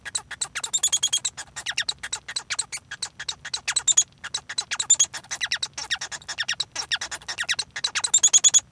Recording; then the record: song of a male Bengalese finch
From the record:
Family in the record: son of father 1